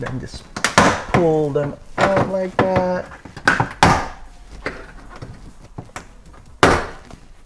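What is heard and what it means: Plastic trim clips in the tailgate trim panel of a 2019-or-newer Toyota RAV4 are pulled out one by one by hand while someone talks. Sharp snaps sound at 3.8 s and 6.6 s as the clips pop free, and nothing breaks.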